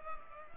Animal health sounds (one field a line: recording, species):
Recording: mosquito wingbeat signal from an infrared sensor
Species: Culex pipiens